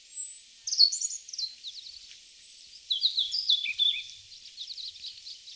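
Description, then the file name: European robin song: continuous high, tumbling warble of thin whistles and trills in two louder bursts, with fainter twittering notes between and after them. "Erithacus rubecula"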